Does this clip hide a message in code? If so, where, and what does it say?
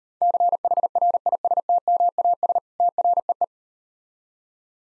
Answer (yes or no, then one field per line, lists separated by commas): yes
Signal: Morse code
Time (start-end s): 0.2-3.4 s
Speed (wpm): 40 wpm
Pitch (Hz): 700 Hz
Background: none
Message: CHRISTMAS TREE